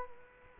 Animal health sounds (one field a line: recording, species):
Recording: mosquito wingbeat signal from an infrared sensor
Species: Culex quinquefasciatus